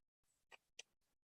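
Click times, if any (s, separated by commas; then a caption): 0.8 s. A swing-away leg rest on a wheelchair is swung forward into its frame mount, with soft scraping and rustling from about 0.2 to 1.2 s and a faint tick at 0.5 s. The catch snaps into place at 0.8 s with a sharp, bright click, and the leg rest is locked and seated.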